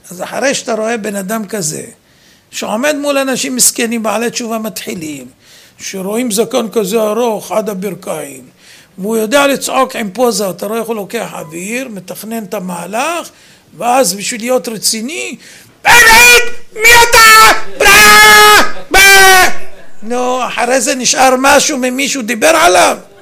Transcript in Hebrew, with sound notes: אז אחרי שאתה רואה בן אדם כזה, שעומד מול אנשים מסכנים בעלי תשובה מתחילים, שרואים זקן כזה ארוך עד הברכיים והוא יודע לצעוק עם פוזה, אתה רואה איך הוא לוקח אוויר, מתכנן את המהלך, ואז בשביל להיות רציני..."מי אתה..." ( בצעקות) נו, אחרי זה נשאר משהו ממי שהוא דיבר עליו?